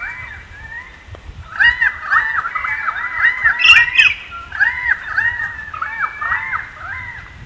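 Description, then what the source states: Currawongs giving rapid runs of arched, ringing notes in two chattering bursts, several birds overlapping. More than one currawong.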